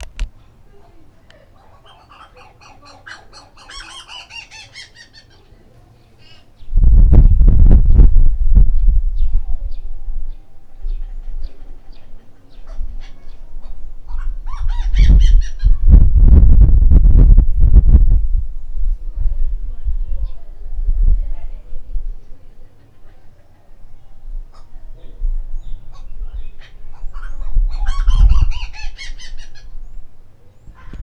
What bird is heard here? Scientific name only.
Crinifer zonurus